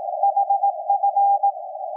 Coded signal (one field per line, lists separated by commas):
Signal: Morse code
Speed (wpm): 18 wpm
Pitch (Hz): 800 Hz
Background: none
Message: HF